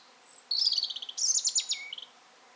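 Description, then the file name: European robin song: one high, rapid phrase of trilled, tinkling notes, shifting pitch midway and ending on a short lower note. "Erithacus rubecula"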